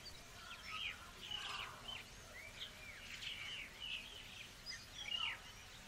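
Bird singing soft, curving whistled notes that rise and fall, phrases repeating loosely over steady low rumbling noise.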